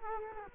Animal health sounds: mosquito wingbeat signal from an infrared sensor; Culex quinquefasciatus

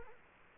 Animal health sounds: mosquito wingbeat signal from an infrared sensor; Culex quinquefasciatus

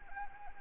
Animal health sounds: mosquito wingbeat signal from an infrared sensor; Anopheles arabiensis

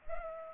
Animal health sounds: mosquito wingbeat signal from an infrared sensor; Culex pipiens

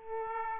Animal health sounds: mosquito wingbeat signal from an infrared sensor; Aedes aegypti

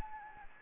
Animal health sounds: mosquito wingbeat signal from an infrared sensor; Anopheles gambiae

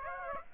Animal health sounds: mosquito wingbeat signal from an infrared sensor; Aedes aegypti

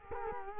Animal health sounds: mosquito wingbeat signal from an infrared sensor; Culex quinquefasciatus

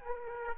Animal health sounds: mosquito wingbeat signal from an infrared sensor; Aedes aegypti

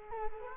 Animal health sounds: mosquito wingbeat signal from an infrared sensor; Culex quinquefasciatus

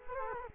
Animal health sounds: mosquito wingbeat signal from an infrared sensor; Culex quinquefasciatus

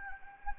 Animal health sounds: mosquito wingbeat signal from an infrared sensor; Anopheles gambiae

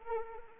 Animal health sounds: mosquito wingbeat signal from an infrared sensor; Anopheles arabiensis

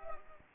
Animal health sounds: mosquito wingbeat signal from an infrared sensor; Culex pipiens

